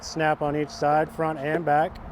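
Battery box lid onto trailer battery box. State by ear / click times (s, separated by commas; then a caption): not seated / none. Someone talks while handling the plastic battery box lid of a teardrop trailer battery box, a lid that fastens with a snap on each side, front and back. The lid has not yet been pressed home, and nothing has seated or clicked yet in this clip.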